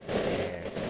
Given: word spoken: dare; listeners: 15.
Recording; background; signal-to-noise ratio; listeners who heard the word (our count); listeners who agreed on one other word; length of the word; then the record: one English word in noise, from a listening test; noise modulated by three-talker babble; -4.4 dB; 1 of 15; 8 of 15; 0.50 s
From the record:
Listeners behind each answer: 8, 2, 1, 1, 1, 1, 1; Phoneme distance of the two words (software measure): 7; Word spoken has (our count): 1 syllable, 3 phonemes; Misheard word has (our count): 1 syllable, 2 phonemes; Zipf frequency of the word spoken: 4.40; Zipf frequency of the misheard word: 5.22